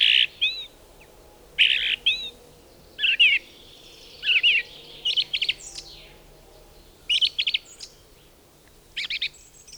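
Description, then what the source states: Song Thrush song: short bursts of varied phrases separated by pauses, some phrases repeated. Loudest song in a spruce forest; repeats each motif several times, borrows many motifs from other birds; less fluty than blackbird or mistle thrush; song starts on spring's arrival.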